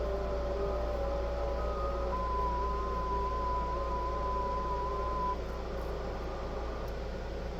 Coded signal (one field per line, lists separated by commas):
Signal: FT8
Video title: Setting up Jtdx ft8 software on yaesu ftdx3000 ham radio